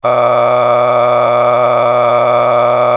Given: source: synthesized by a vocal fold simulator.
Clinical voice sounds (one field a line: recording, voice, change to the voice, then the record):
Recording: sustained vowel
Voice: male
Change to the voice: a random mix of aspiration noise, stiffness perturbation and strain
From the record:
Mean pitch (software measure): 104 Hz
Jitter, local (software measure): 2.90%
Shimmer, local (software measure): 10.5%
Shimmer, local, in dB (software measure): 0.90 dB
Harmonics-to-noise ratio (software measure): 9.0 dB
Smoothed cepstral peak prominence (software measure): 12.6 dB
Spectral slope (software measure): -15.1 dB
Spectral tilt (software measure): -10.2 dB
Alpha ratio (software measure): -5.6 dB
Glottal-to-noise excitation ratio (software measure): 0.910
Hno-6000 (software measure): 1.9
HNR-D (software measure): 21.7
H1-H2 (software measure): 2.6 dB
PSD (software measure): 2.2e-04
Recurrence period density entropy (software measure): 0.122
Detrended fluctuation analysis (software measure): 0.0351